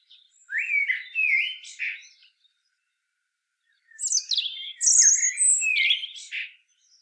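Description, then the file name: European robin singing two short phrases of thin, high warbling notes with rapid pitch jumps, separated by a pause of about a second and a half. "Erithacus rubecula"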